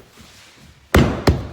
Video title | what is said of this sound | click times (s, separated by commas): How to install Select Surfaces Flooring! | See, it just snaps right in. | 0.9 s, 1.3 s